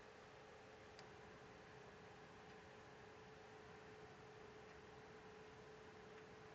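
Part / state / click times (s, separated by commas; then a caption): graphics card into motherboard PCIe slot / seated / 1.0 s. A graphics card is pressed into a motherboard PCIe slot while its covers are being fitted, and the plastic retention lock on the slot clicks shut at 1.0 s. The short, sharp click rises above a steady background hiss and a low constant hum. The card is seated and locked in the slot.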